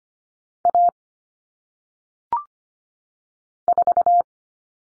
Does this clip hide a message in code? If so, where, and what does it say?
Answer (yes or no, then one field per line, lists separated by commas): yes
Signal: Morse code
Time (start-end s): 0.7-4.2 s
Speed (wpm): 25 wpm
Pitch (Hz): 700 Hz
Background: none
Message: A 4